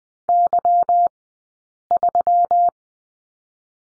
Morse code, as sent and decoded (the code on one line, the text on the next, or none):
-.-- ...--
Y3